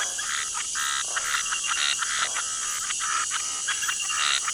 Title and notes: Les crapauds reprennent peu à peu leur monopole, accompagnés des grillons pour toute la nuit.